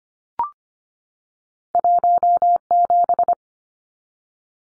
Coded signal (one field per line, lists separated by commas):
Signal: Morse code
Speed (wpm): 25 wpm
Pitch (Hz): 700 Hz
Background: none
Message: 17